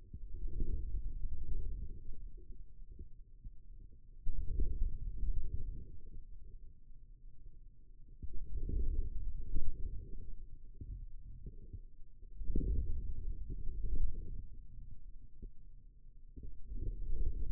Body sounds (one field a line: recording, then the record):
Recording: forearm muscle sounds (acoustic myography)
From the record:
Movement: inward rotation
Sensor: system 2, bracelet of six BSWA MPA416 microphones around the upper forearm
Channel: 3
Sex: male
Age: 22 years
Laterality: right